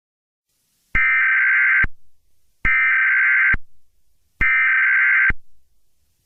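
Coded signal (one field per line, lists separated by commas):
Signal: Emergency Alert System (SAME) tones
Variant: header bursts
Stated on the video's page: Mock EAS scenario with valid EAS tones.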